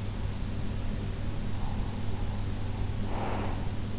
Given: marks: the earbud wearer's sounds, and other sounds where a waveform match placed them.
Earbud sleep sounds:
sounds in sleep by an in-ear microphone; breath
2.44-3.92 s: breath

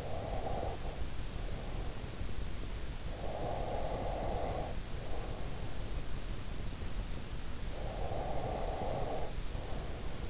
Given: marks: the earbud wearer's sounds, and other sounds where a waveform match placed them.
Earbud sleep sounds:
sounds in sleep by an in-ear microphone; breath
0.00-2.23 s: breath
3.10-5.76 s: breath
7.72-10.30 s: breath

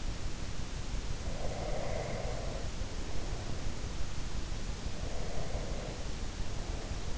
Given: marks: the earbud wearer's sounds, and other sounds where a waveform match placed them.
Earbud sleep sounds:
sounds in sleep by an in-ear microphone; breath
1.24-3.60 s: breath
4.79-7.18 s: breath

